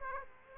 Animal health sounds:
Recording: mosquito wingbeat signal from an infrared sensor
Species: Aedes aegypti

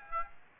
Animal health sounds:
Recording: mosquito wingbeat signal from an infrared sensor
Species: Aedes aegypti

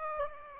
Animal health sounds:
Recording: mosquito wingbeat signal from an infrared sensor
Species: Aedes aegypti

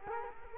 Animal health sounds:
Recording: mosquito wingbeat signal from an infrared sensor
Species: Culex quinquefasciatus

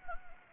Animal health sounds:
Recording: mosquito wingbeat signal from an infrared sensor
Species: Anopheles gambiae

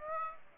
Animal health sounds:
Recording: mosquito wingbeat signal from an infrared sensor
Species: Aedes aegypti

